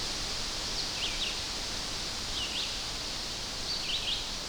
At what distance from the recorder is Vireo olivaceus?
about 60 m